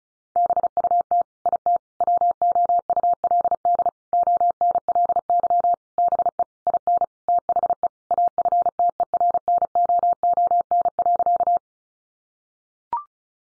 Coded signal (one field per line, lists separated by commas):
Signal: Morse code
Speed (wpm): 34 wpm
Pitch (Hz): 700 Hz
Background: none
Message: BUT IT WOULD ONLY BE IN THE AFTERNOON.